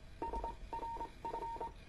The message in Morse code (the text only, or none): SRF